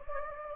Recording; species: mosquito wingbeat signal from an infrared sensor; Anopheles gambiae